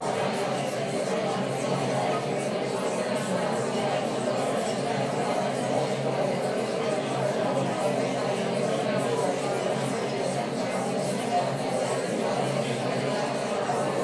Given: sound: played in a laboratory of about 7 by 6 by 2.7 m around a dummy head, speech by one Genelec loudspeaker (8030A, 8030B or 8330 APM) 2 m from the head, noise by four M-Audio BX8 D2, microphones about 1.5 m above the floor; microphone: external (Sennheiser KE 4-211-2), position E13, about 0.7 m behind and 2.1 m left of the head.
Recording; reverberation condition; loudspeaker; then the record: babble noise; medium; four, about 170 cm from the corners of the room and facing them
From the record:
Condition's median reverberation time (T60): about 510 ms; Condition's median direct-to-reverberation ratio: about -0.5 dB